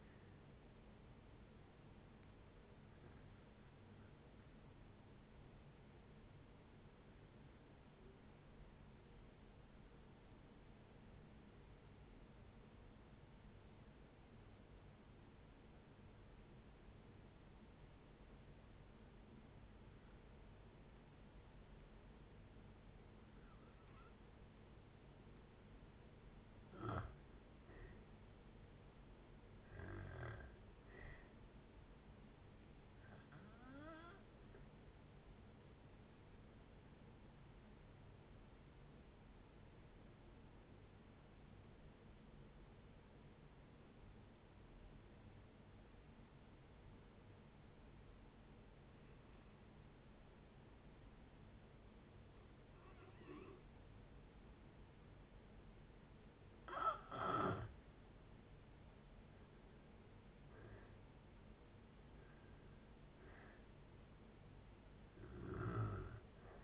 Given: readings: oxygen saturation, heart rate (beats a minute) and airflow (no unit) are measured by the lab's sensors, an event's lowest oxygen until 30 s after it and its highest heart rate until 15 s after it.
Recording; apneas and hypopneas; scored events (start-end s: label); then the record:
breathing in sleep by a voice recorder at the bedside; 2
6.00-27.70 s: hypopnea (N1, oxygen 97% highest, then 85% lowest, heart rate 59 at the start, 69 highest)
11.00-66.64 s: new sleep stage, N2 (light sleep)
33.00-56.50 s: hypopnea (N2, oxygen 95% highest, then 82% lowest, heart rate 69 at the start, 72 highest)
From the record:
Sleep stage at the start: N1 (lightest sleep); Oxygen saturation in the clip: 81 to 97%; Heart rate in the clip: 57 to 72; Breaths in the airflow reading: 16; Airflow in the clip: -6.7 to 9.0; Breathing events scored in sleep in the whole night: 496 in 5.4 hours asleep